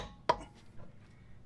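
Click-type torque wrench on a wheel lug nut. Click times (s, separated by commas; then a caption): 0.3 s. A click-type torque wrench tightens wheel lug nuts in a crisscross pattern, giving a sharp click at 0.3 s as it releases at its set torque on the lug nut. A second sharp transient follows at the very end, around 1.5 s. The nut is confirmed tightened to torque.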